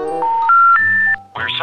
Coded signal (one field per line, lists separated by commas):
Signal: telephone call progress tone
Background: speech, music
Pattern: special information tone